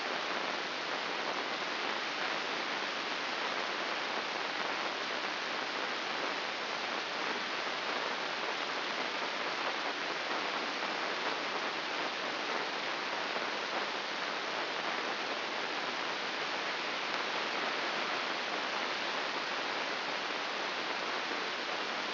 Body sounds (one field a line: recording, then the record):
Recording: brain microelectrode recording played as sound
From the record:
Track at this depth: inside the subthalamic nucleus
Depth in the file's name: 5.601 mm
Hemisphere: right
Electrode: 2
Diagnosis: Parkinson's disease